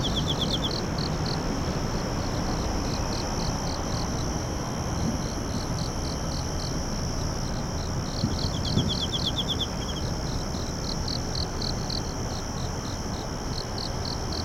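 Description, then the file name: Insect song of evenly spaced high chirps continuing throughout, with a brief rapid trill from another caller near the start and again midway, over low background rumble. "singing of insect"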